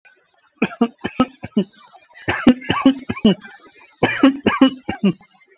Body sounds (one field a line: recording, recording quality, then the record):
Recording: shallow voluntary cough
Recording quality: moderate, slight background noise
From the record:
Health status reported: COVID-19 positive, mild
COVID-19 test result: positive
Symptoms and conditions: cough, breathing difficulty, sore throat, fever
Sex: male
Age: 35 years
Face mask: not worn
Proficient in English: yes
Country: India